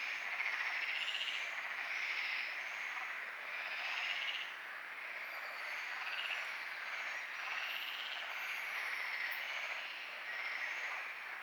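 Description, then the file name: Frogs calling in a dense night chorus, a steady high trilling wash with pulsing swells. Frogs calling at night at Lagoa do Congro; binaural recording with EQ applied. "Lagoa Do Congro Frogs night EQ web binaural"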